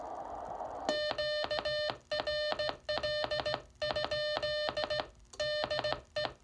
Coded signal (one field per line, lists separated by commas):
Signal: Morse code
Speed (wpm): 16 wpm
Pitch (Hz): 600 Hz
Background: none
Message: QRL? DE